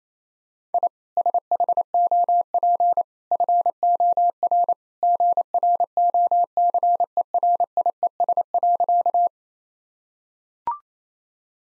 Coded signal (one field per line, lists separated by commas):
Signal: Morse code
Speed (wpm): 28 wpm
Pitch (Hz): 700 Hz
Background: none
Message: I SHOP FOR GROCERIES.